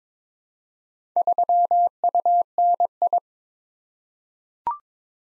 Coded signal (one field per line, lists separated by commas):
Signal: Morse code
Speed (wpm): 22 wpm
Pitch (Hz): 700 Hz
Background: none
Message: 3UNI